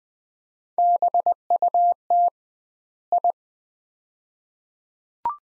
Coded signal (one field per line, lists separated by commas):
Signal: Morse code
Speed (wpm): 20 wpm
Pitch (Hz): 700 Hz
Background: none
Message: BUT I